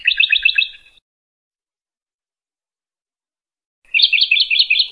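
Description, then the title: Bird song with two bursts of fast, rattling chirps, a silent pause of about three seconds between them. "burung"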